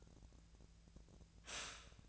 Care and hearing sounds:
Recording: daily activity, microphone in the room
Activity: stop toaster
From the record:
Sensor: 2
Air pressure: 1009.1 hPa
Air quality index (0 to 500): 185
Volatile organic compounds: 11 ppm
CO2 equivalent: 2298 ppm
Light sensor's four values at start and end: 23/56/24/26 and 23/56/24/26

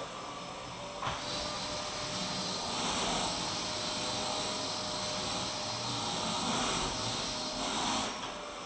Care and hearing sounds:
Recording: daily activity, microphone in the room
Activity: vacuum cleaning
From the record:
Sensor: 1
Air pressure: 1002.0 hPa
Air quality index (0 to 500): 242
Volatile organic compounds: 47 ppm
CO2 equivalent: 3255 ppm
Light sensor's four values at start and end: 8/28/10/11 and 8/27/10/11

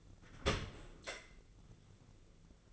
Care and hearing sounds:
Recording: daily activity, microphone in the room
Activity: open dishwasher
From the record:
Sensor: 4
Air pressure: 1001.3 hPa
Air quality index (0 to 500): 184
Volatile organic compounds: 2 ppm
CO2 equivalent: 1316 ppm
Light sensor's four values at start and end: 13/29/12/12 and 14/31/13/13

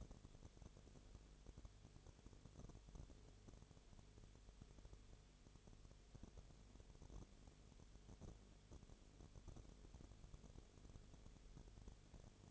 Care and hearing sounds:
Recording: daily activity, microphone in the room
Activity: no activity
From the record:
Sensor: 4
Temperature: 22.0 degrees Celsius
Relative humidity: 29.7%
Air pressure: 1002.1 hPa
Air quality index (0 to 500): 59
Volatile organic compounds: 1 ppm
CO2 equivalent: 608 ppm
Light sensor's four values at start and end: 2/3/1/1 and 2/3/1/1

